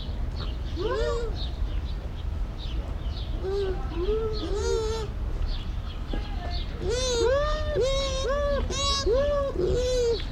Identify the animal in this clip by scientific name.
Speothos venaticus